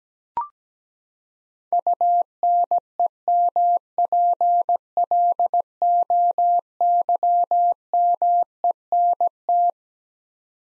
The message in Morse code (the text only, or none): UNEMPLOYMENT